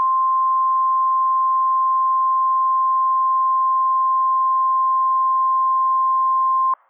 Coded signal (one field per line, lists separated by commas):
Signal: Emergency Alert System (SAME) tones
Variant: 1050 Hz attention tone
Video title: Northern IND Madness - EAS Alerts from 3/26/26 (EAS #746 - #754)